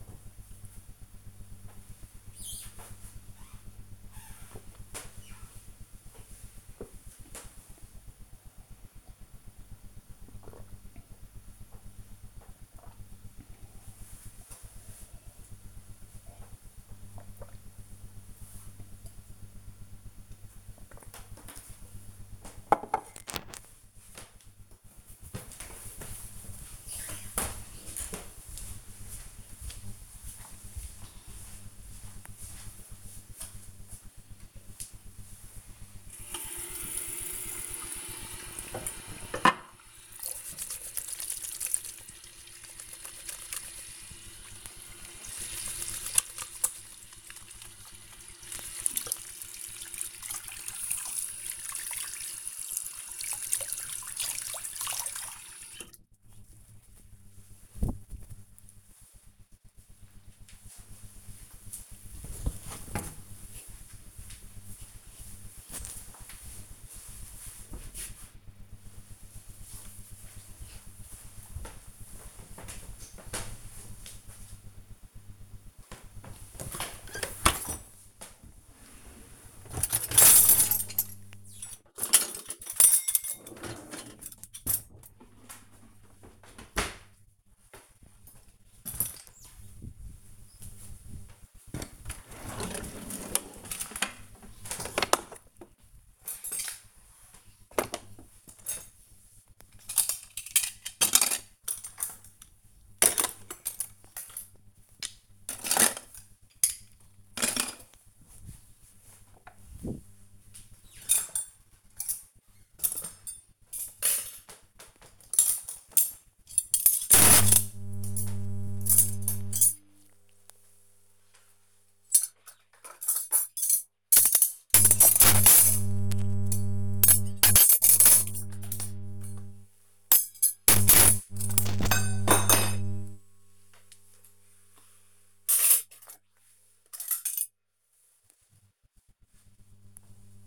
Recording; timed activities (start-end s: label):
household activities, microphone on the right wrist
0.00-21.11 s: drinking
34.21-58.41 s: washing hands
75.53-140.47 s: cleaning out the dishwasher